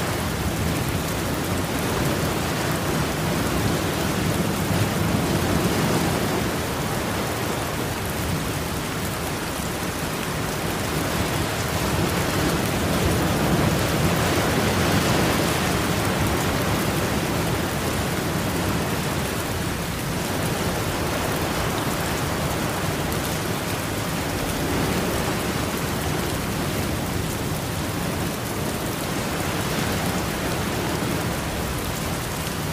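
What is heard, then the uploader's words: Rain falls steadily over ocean waves in a dense, even hiss that fills the whole range from low rumble to bright spray. Slow swells rise and ease every few seconds, with slightly louder surges around the middle, and no distinct separate events. Sound Of Rain On Ocean Waves (No Thunder).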